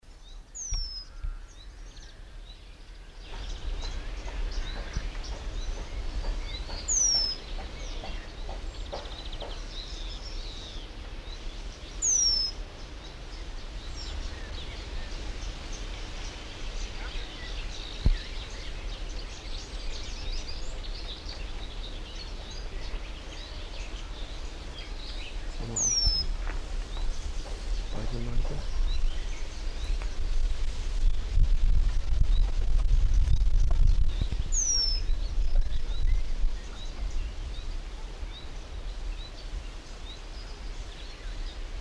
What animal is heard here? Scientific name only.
Remiz pendulinus